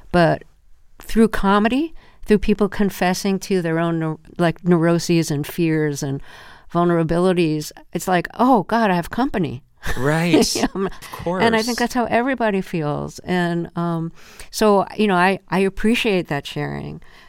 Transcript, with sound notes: But through comedy, through people confessing to their own, like, neuroses and fears and vulnerabilities, it's like, oh, God, I have company (laughter).
Right. Of course.
And I think that's how everybody feels. And so, you know, I appreciate that sharing.